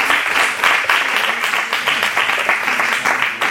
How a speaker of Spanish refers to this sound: Bueno, no sé, un aplauso. Muchas gracias.